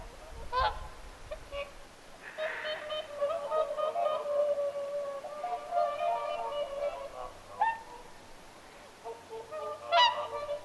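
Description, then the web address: Whooper swans giving scattered trumpeting honks, with sustained nasal calls in the middle and a few louder sharp notes; faint low rumble at the start. Whooper swans calling at Lintulahti on 6 November 2025. "paivat 6 11 2025 laulujoutsenten aantelya lintulahdella"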